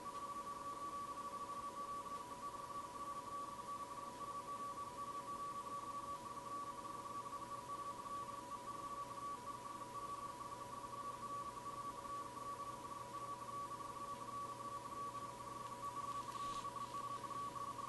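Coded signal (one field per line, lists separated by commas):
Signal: RTTY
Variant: 45.45 baud, 170 Hz shift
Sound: continuous warbling two-tone teleprinter chatter around 1 kHz over steady hiss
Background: radio static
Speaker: plug the usb cable in to power the arduino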